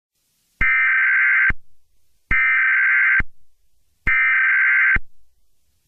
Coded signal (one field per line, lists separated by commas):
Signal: Emergency Alert System (SAME) tones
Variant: header bursts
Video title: [EAS Scenario] The Dueling Pandemics